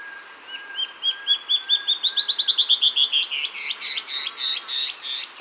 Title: LuckyPassaro Completos2Sama. Band-tailed Antbird (Hypocnemoides maculicauda)